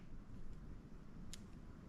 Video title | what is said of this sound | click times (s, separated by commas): SHIMANO VANFORD C3000XG - Take Apart & Tune Up - Reel Maintenance Tutorial | just like that you heard it pop in I'm sure | 1.3 s